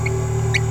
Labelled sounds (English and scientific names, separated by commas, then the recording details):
Green-rumped Parrotlet (Forpus passerinus) babbling
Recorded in a nest box in Venezuela
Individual 18B17A5